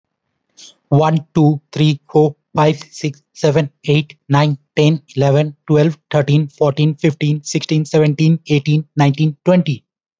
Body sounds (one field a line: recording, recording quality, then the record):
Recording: counting at a fast pace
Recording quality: excellent, no background noise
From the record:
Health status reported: healthy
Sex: male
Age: 29 years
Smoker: yes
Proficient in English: yes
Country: India